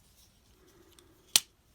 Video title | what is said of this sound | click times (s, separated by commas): Transformers Legacy Deluxe Class Lift-Ticket Review | there you go nice snap then we have these in place let me zoom out just a bit | 1.4 s